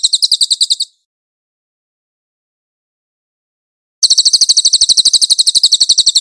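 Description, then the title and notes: Cililin song: a fast, dry, buzzy trill of high notes heard briefly, then a long silence before another steady trill starts. Cililin song on a master (training) track. "MASTER SUARA BURUNG CILILIN. CICILIN"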